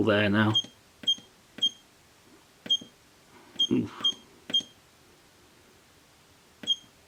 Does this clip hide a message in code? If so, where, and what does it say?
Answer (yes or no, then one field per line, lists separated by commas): no